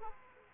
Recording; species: mosquito wingbeat signal from an infrared sensor; Aedes aegypti